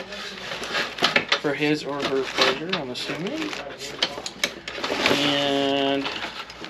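Someone talks while handling a piece of a multi-function camping tool, pushing it toward the tool's body, with sharp handling knocks around 1.0 to 1.3 seconds and again near 6.5 to 6.7 seconds. The piece has not yet seated or clicked into place.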